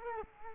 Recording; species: mosquito wingbeat signal from an infrared sensor; Culex quinquefasciatus